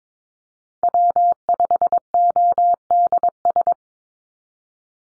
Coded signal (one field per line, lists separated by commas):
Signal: Morse code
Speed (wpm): 22 wpm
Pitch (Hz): 700 Hz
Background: none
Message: W5ODS